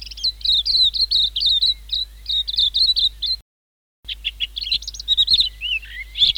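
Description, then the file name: White-eye giving a rapid string of high, repeated chirps and warbled whistles, a brief break, then more twittering with a few downslurred notes. "suara kicauan burung kacamata perak. omkicau"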